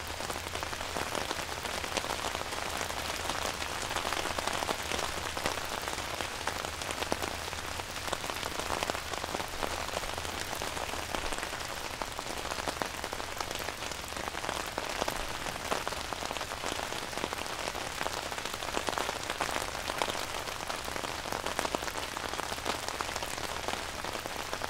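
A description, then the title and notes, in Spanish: Soft rain patters steadily on an umbrella, a dense even crackle of drops, with a faint low hum fading out near eleven seconds. ASMR Lluvia suave sobre el paraguas. 30 minutos de lluvia suave golpeando en el paraguas.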